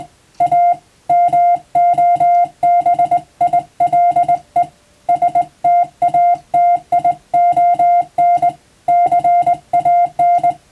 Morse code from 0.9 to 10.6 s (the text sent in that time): MOBILE STATION CAN